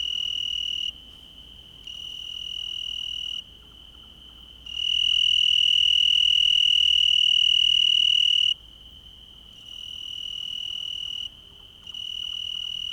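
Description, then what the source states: Cricket giving a high, continuous shrill trill that holds steady throughout, loudest in the middle stretch, against a quiet background. Recorded at night, 6 July 2006.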